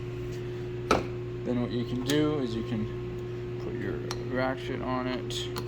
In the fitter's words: what you want to do for the filter is you're just going to push into it until you hear it click